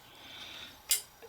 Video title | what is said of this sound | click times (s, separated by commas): $800 ....2006 Trailblazer Find.... Fixed for $98 | and snaps right in so | 0.9 s